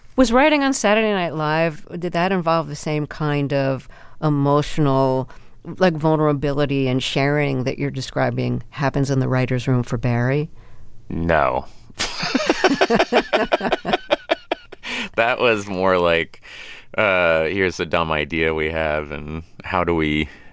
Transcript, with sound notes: Was writing on "Saturday Night Live" - did that involve the same kind of emotional, like, vulnerability and sharing that you're describing happens in the writers room for "Barry?"
No. (LAUGHTER) That was more like, here's a dumb idea we have, and how do we